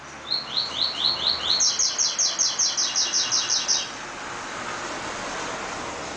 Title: Canto Coleiro